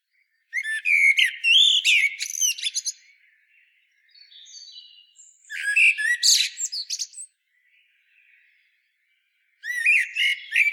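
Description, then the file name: Common blackbird song, three separate bursts of fluty whistles and squeaky twittering, with a quieter run of thin high notes between the first two. "Turdus merula"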